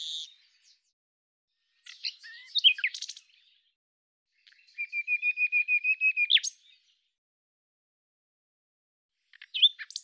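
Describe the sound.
Common nightingale song with a chattering phrase, then a long run of rapid, evenly repeated notes on one pitch, then more varied notes after a pause.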